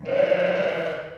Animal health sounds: contact call of a hoofed animal; sheep; low-frequency (closed-mouth) or high-frequency (open-mouth) call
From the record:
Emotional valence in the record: negative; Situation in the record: short social isolation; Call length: 1.18 s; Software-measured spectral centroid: 1380 Hz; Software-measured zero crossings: 1500 a second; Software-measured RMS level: -23 dBFS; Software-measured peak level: -9 dBFS

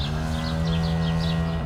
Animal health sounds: contact call of a hoofed animal; cattle; low-frequency (closed-mouth) or high-frequency (open-mouth) call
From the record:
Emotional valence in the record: negative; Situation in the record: physical separation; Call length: 1.67 s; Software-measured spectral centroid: 2400 Hz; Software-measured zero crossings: 1290 a second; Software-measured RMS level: -24 dBFS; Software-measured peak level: -13 dBFS

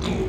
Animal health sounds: contact call of a hoofed animal; pig; closed-mouth grunt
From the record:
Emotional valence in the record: positive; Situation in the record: food and toys in familiar pen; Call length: 0.29 s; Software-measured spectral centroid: 2070 Hz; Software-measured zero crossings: 1300 a second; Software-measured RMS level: -24 dBFS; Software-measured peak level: -11 dBFS

